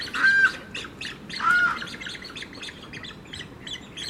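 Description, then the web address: Australian white ibis giving two harsh, nasal squawks in the first half, with a steady chatter of high chirps from other birds behind them. Young and mature birds, nesting, South Australia. "Sound Effects-Foundation 1 BIRDS IBIS AUSTRALIAN WHITE YOUNG MATURE NESTING"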